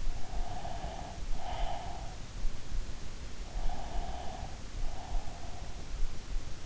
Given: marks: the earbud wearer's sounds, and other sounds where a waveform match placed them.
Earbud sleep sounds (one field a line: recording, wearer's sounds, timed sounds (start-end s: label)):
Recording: sounds in sleep by an in-ear microphone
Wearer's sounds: breath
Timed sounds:
0.00-2.20 s: breath
3.53-5.92 s: breath